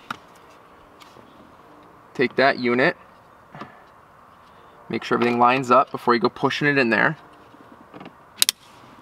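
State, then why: Seated. A new OEM fog light switch for a Nissan Xterra is lined up and pushed into its opening in the plastic steering column cover or dash panel. Someone talks while a few faint taps sound. Two sharp, loud clicks at 8.4 s and 8.5 s show the switch clipping in and seating.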